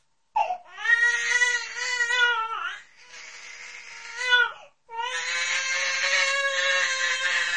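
Three sustained, high-pitched wails separated by brief catches of breath, each with a clear tonal pitch around 500 Hz and a slight waver. Typical infant crying.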